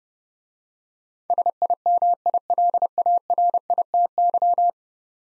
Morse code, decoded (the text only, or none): SIMILARITY